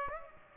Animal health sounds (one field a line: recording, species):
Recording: mosquito wingbeat signal from an infrared sensor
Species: Aedes aegypti